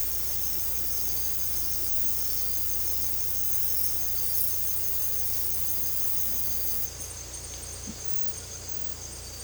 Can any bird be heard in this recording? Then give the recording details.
no. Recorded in secondary vegetation near Puerto Asís, Putumayo, Colombia, on 16 December 2024 at 01:30. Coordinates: 0.468, -76.324. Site G095